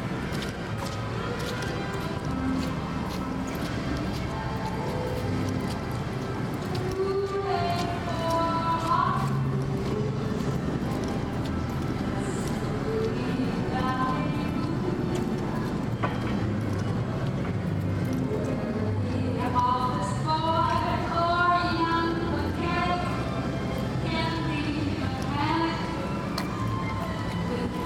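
Walking through a park: a steady, dense murmur of crowd voices, with brighter calls and chatter rising around 8 and 20 seconds.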